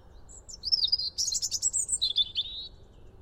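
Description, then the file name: European robin singing one rich phrase of high whistles and a rapid buzzy trill, ending with a lower warbled flourish. "Erithacus rubecula"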